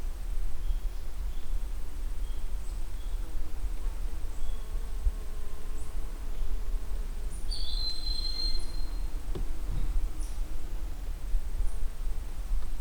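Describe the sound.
Broad-winged hawk uttering one high, thin, slightly falling whistle midway through, amid faint ticks and a continuous low hum.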